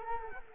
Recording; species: mosquito wingbeat signal from an infrared sensor; Culex quinquefasciatus